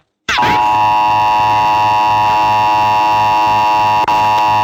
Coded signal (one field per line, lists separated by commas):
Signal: Emergency Alert System (SAME) tones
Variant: 853 and 960 Hz attention tone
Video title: dot makes a EAS alarms